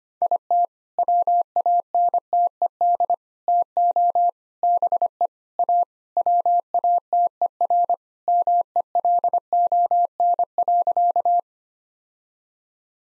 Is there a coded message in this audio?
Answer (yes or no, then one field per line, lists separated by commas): yes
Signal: Morse code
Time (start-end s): 0.2-11.4 s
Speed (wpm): 25 wpm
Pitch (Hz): 700 Hz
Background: none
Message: IT WANTED TO BE A WATER MELON.